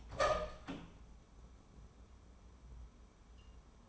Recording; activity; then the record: daily activity, microphone in the room; open door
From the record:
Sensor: 1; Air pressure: 1015.2 hPa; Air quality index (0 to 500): 177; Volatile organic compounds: 14 ppm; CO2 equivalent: 2474 ppm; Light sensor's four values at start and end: 9/22/9/9 and 9/21/8/9